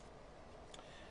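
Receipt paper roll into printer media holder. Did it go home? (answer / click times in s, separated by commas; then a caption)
yes / 0.7 s. A receipt paper roll is pressed into the media holder of a PR2/PR3 durable mobile receipt printer. A single short, bright tick at 0.7 s rises above a steady low background hiss. The roll snaps into place and is seated.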